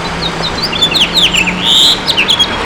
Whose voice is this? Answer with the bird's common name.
House Finch